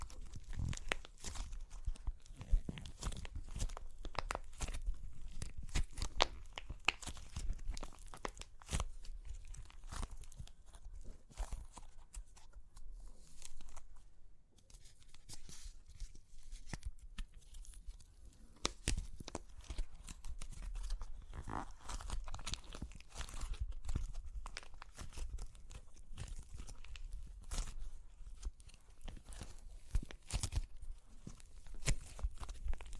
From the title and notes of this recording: Super Crunchy Clay Cracking (No Talking).